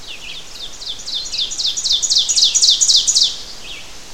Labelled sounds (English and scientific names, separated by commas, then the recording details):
Ovenbird (Seiurus aurocapilla) song
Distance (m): 10 m
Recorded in boreal forest in Alberta, Canada, on 12 June 2016 at 06:00
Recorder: SongMeter 3, array SBT-3-18
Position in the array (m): 229 m, 89 m
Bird 31